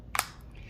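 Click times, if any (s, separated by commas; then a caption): 0.2 s. The plastic kickstand on the back of a Nintendo Switch handheld game console, which feels flimsy, is lifted past its first stop and gently pressed further up. A faint tick just before a sharp, bright click at 0.2 s marks the moment it locks. The kickstand clicks into its open position.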